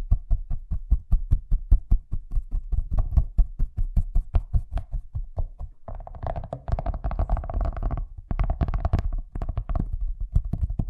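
Fast tapping with rapid, even, low thuds at a steady rate, about four per second, for the first six seconds. Then the taps turn into a denser, brighter flurry with a scratchy, rattling edge, pausing briefly near eight seconds before resuming.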